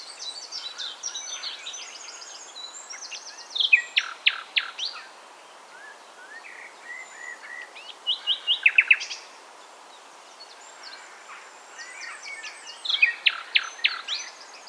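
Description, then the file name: Common nightingale singing in bursts: loud staccato rattles and clipped high notes around four, nine and thirteen seconds, separated by quieter, softer phrases. "Luscinia megarhynchos"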